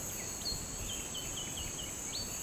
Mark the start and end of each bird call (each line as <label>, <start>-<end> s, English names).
Black-striped Sparrow, 0.07-2.43 s